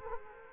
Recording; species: mosquito wingbeat signal from an infrared sensor; Culex quinquefasciatus